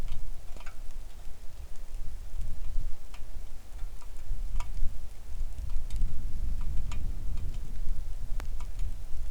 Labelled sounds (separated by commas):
wind, rain